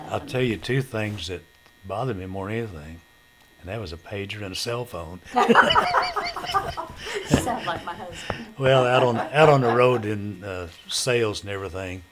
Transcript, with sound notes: I'll tell you two things that bothered me more than anything.
And that was a pager and a cell phone. (Laughter) You sound like my husband.
Well out on the road in sales and everything,